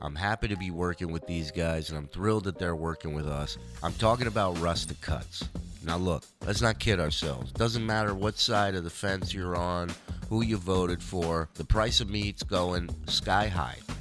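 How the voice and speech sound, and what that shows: A low-pitched adult male voice reads a sponsor advertisement in fluent, lively conversational speech with brief natural pauses. Articulation is clear and the voice quality is ordinary, with no sign of a speech or voice disorder. Faint background tones sound during the opening seconds.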